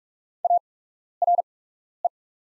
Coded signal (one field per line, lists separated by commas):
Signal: Morse code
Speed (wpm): 44 wpm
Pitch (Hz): 700 Hz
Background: none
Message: ARE